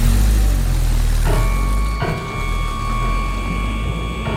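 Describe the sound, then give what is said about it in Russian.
A car engine roars and revs, with a steady low rumble that climbs through two quick gear changes as the vehicle pulls away, driven toward a battle. No one speaks. “Скоренько напялил на себя мундир и пилотку, ну и погнал машину прямиком туда, где земля гудит, где бой идет.”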